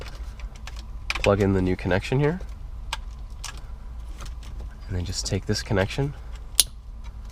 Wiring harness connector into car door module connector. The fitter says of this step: go ahead and make sure everything Clicks in place this side is going to be a little a little tight not not too bad